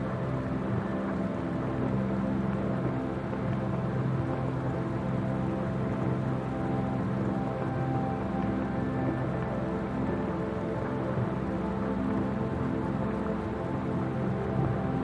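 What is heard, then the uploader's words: Steady rain hisses over low, sustained ambient chords that hold without pause for the whole stretch. The music sits warm and deep, with long held tones layered under the dense, even patter, and the overall level never rises or falls. Rainy Night In Fall | Peaceful Music with Rain Sounds. Sound: rain sound, water, nature sound. Music: ambient music, atmospheric chords.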